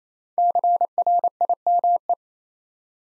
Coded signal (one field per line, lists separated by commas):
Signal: Morse code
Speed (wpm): 27 wpm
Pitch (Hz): 700 Hz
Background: none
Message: CRIME